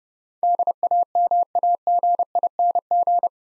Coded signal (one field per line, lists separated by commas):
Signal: Morse code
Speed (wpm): 30 wpm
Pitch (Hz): 700 Hz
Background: none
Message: DAMAGING